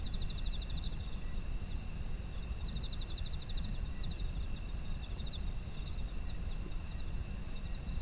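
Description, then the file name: Insects chirping: several steady high trills hum throughout, with a few pulsed chirp bursts over a constant low rumble. Autumn insects, ambient environmental sound. "秋の虫の環境音"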